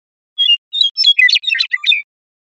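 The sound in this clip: Western meadowlark singing a brief phrase: a few clear notes that run into a rapid, bubbling warble of varied notes.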